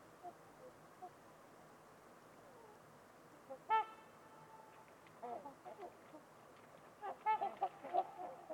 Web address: Trumpeter Swans on a Winter's Eve. Winters Lake with Swan. Wind Is the Original Radio